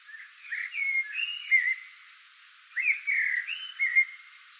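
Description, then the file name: Eurasian blackbird singing two mellow, whistled warbling phrases. "Turdus merula"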